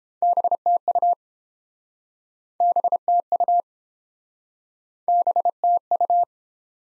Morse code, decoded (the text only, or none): BTU BTU BTU